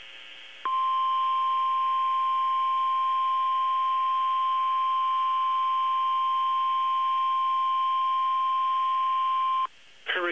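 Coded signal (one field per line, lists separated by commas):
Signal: Emergency Alert System (SAME) tones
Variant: 1050 Hz attention tone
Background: speech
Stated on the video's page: Hurricane Force Wind Warnings encoded as Hurricane Warnings on NOAA Weather Radio station KEC73 from the Taunton, MA weather office.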